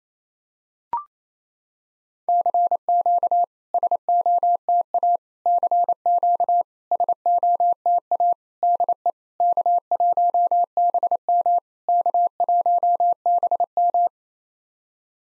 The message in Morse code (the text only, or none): CQ SOTA CQ SOTA DE K1BM K1BM